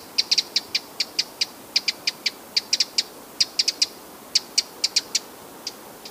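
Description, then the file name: Eurasian wren calls, dry high clicking ticks, some doubled or tripled, spaced irregularly and thinning toward the end, quiet setting. "Troglodytes troglodytes"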